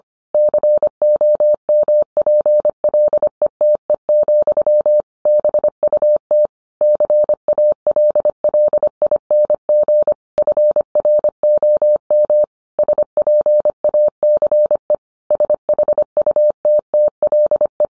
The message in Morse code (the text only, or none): COMPLETE, BUT CALLING FROM SPACE SHUTTLE